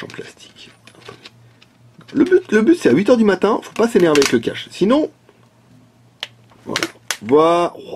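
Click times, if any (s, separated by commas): 6.2 s, 7.1 s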